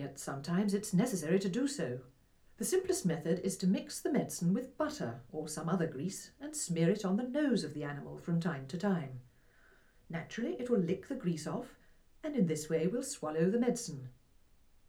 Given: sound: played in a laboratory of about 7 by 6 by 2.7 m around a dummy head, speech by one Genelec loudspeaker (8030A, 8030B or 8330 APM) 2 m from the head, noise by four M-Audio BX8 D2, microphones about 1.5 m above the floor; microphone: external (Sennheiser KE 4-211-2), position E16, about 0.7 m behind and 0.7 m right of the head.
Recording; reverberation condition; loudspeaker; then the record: female speech in English; low; 60 degrees to the right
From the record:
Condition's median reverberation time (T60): about 310 ms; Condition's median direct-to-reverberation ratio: about 3.5 dB